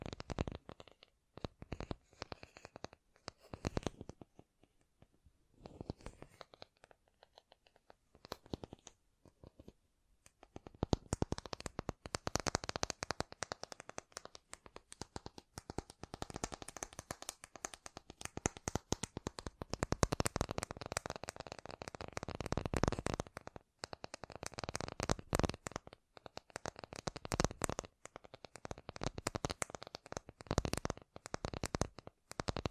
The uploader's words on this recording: ASMR Great Tapping Sounds for Sleep (No Talking).